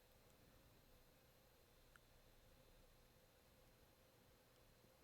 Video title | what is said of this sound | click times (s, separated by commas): Build a Custom Watch for $100! | nice satisfying little click on both sides and | 2.0 s